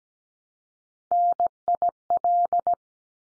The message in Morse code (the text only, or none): NIL